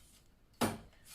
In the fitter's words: push it in until it clicks here,